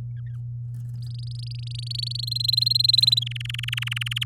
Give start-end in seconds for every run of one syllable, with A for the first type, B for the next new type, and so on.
0.99-2.29 A, 2.31-3.19 B, 3.21-4.24 C